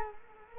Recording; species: mosquito wingbeat signal from an infrared sensor; Culex quinquefasciatus